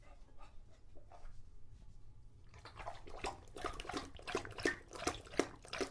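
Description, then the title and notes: English Bulldog, a quiet pause, then lapping water begins with steady sloppy slurps. Male English Bulldog named Lucho drinking water from a bowl after a long walk, breathing heavily and out of breath between drinks. "English Bulldog Drinks from Water Bowl. listen to Lucho the English Bulldog as he tries to drink water after a long walk. Don't let his heavy breathing fool you in between drinks, he's equally out of breath from the walk"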